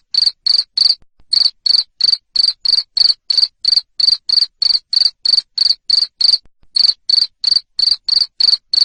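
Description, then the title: Cricket chirping, loud sharp pulses around a steady high pitch, about three per second, with two short pauses in the run. Loud cricket chirping, played to stimulate lovebirds to sing continuously. "Suara JANGKRIK NGERIK Keras Bikin LOVEBIRD Jadi NGEKEK Terus Vubey"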